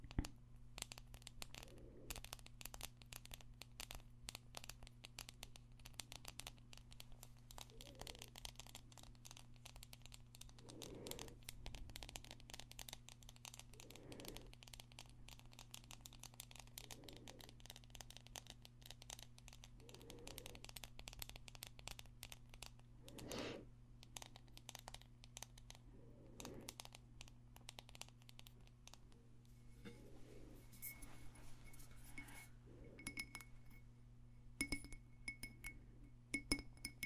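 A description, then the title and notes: Extra tingly tapping: dense, crisp taps and clicks keep up throughout, with sharp brighter hits every three seconds or so. A steady low hum runs underneath the whole time, and thin high ringing tones appear near the end. ASMR Extra Tingly Tapping No Talking.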